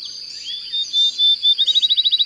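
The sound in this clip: Bird song: several drawn-out whistled notes followed by a fast rhythmic trill of short chirps, with a steady high hiss.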